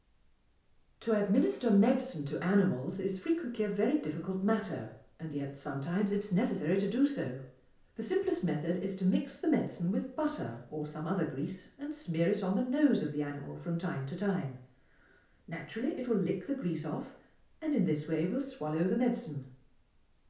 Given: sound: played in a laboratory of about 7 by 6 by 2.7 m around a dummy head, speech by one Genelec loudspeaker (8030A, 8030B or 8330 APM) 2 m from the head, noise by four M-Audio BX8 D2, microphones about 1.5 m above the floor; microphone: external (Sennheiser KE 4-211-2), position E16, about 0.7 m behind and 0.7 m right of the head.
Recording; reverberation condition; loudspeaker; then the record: female speech in English; medium; 120 degrees to the left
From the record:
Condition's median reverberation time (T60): about 510 ms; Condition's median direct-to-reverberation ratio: about -0.5 dB